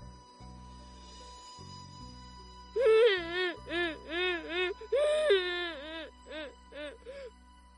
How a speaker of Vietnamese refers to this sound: Tay vừa mới chạm vào cánh cửa, bỗng có tiếng khóc từ đâu phát ra khiến Thu Anh khựng lại. Nàng nghi hoặc liếc mắt. Gian thờ chính không một bóng người, mà tại sao có tiếng khóc lớn như vậy?